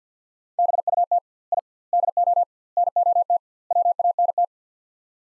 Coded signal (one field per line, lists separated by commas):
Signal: Morse code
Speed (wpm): 48 wpm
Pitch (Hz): 700 Hz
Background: none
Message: BUT I DO NOT WANT